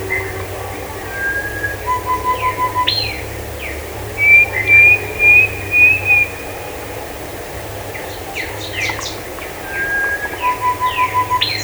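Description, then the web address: Bird calls: clear, slightly rising whistled notes in short runs, flat lower whistles and quick series of sharp chirps. "BIRD 2015 SABIOD 50 bird 2015"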